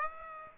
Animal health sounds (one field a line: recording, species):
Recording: mosquito wingbeat signal from an infrared sensor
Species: Aedes aegypti